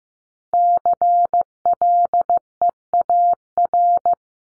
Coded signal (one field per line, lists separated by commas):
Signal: Morse code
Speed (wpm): 15 wpm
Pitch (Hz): 700 Hz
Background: none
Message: CLEAR